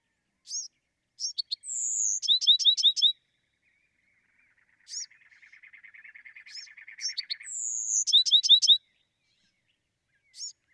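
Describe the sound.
Bewick's wren song: isolated high chips lead into a sliding whistle and a fast burst of clear notes, twice, separated by a long buzzy trill that grows louder.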